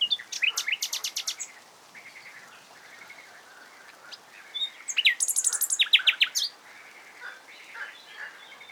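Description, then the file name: Common nightingale song in two bold phrases, each a fast run of stuttering repeated notes with clicks and whistles, separated by softer, lower warbling. "Luscinia megarhynchos"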